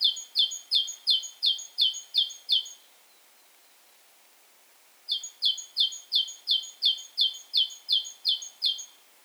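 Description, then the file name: Great tit calling: two bouts of bright, evenly spaced repeated notes, about eight then eleven, each roughly three per second, separated by a pause of over two seconds; faint background hiss. "Parus major"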